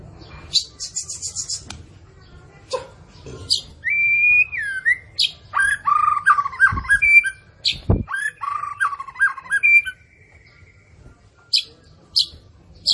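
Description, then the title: White-rumped shama song: a high buzzy burst, scattered clicks, then a long whistled note and a few looping phrases, with thumps and quiet gaps between. Captive bird; morning song used as a lure to prompt caged white-rumped shamas to sing. "PANCINGAN MURAI BATU. PAGI HARI! MURAI BATU GACOR"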